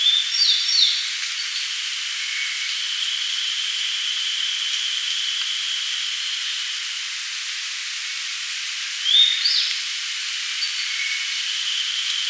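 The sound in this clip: Grey bunting calling twice, a rising whistle with descending high slurs at the start and again near nine seconds, with a level hiss throughout.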